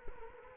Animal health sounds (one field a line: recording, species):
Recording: mosquito wingbeat signal from an infrared sensor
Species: Culex quinquefasciatus